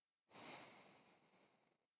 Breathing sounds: one breath near a microphone; exhalation

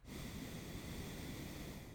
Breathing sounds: one breath near a microphone; exhalation

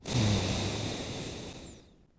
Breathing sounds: one breath near a microphone; exhalation

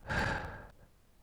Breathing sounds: one breath near a microphone; exhalation

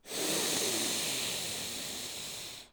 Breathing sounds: one breath near a microphone; inhalation

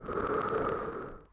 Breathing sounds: one breath near a microphone; exhalation

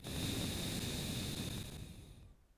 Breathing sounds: one breath near a microphone; exhalation

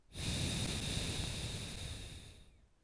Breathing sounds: one breath near a microphone; exhalation

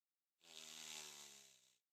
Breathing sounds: one breath near a microphone; inhalation

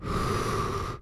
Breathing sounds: one breath near a microphone; exhalation

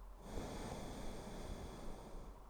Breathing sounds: one breath near a microphone; exhalation

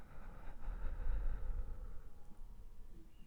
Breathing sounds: one breath near a microphone; exhalation

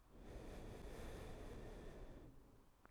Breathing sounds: one breath near a microphone; exhalation

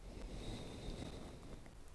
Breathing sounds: one breath near a microphone; exhalation

